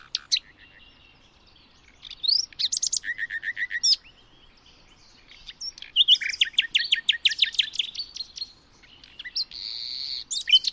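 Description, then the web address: Bird song, long varied phrases of high chirps, rapid trills and buzzy notes, with brief pauses between bursts. "Bird Only"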